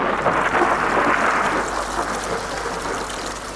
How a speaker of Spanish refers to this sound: Y fue entonces cuando comenzó a llover.